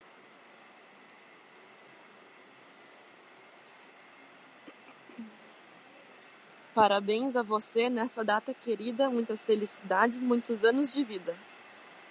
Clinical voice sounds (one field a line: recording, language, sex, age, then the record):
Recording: short text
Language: Brazilian Portuguese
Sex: female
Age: 20 to 29 years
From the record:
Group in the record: control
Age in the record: 27 years